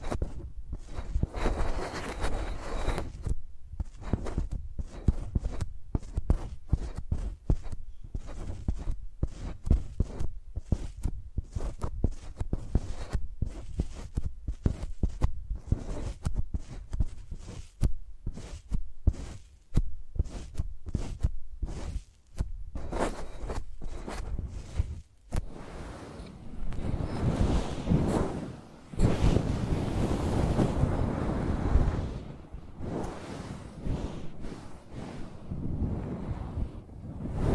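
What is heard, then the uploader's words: Microphones are dragged and tapped like pencils, making a dense run of scratchy strokes and sharp taps for the first twenty-five seconds. Around 26 to 32 seconds the strokes blur into a steady rushing scrape, then short scratches return until the end. Using Mics as Pencils (No Talking).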